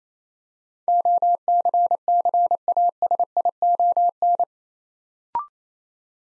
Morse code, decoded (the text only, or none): OCCASION